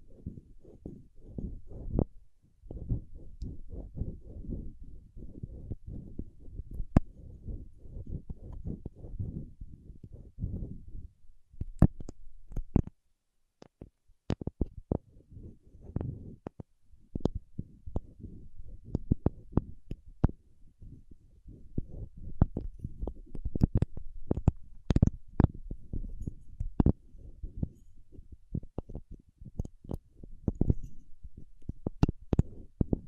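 Paraffin wax being scratched, tapped and peeled, heard as dense low crackling and scraping with frequent sharp clicks. A brief quiet gap falls around the twelve to fourteen second mark, after which sharper, brighter ticks and taps become more frequent.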